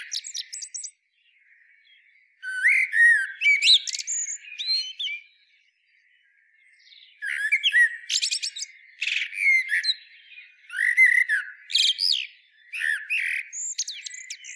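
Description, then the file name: Common blackbird singing a series of mellow whistled phrases, each ending in thin, high-pitched squeaky notes, with a short pause near the start and another midway. "Turdus merula"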